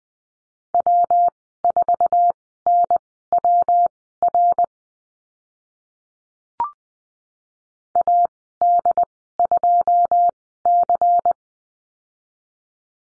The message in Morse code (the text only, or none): W4NWR AD2C